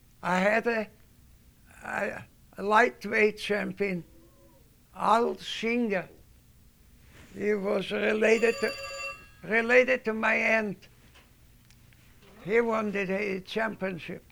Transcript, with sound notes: I had a lightweight champion, Al Singer. He was related to... ( a telephone rings ) Related to my aunt. He wanted a championship,